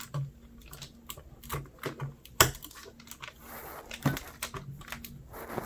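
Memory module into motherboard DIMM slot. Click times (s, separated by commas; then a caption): 2.4 s. A memory module is lined up with the notch of a motherboard DIMM slot and pressed down firmly. It goes in hard, with scattered small taps and rustles around it, until the slot latch gives a sharp click at 2.4 s. The stick is seated.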